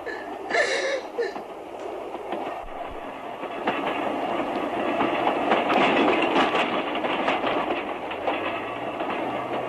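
A train clatters steadily along the rails, a dense rumbling wash with rhythmic metallic clicks, growing slightly louder midway and holding steady; no one speaks.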